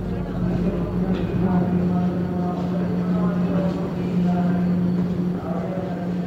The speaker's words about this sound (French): Il est 8 heures du matin. Nous sommes à la gare de Shinjuku. Des trains, encore des trains, toujours des trains.